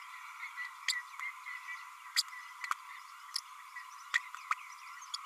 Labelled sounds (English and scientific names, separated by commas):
Green-rumped Parrotlet (Forpus passerinus) babbling